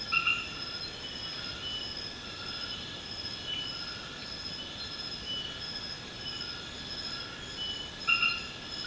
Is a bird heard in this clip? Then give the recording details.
no. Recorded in secondary vegetation near Puerto Asís, Putumayo, Colombia, on 18 February 2024 at 23:30. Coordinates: 0.472, -76.331. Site G6371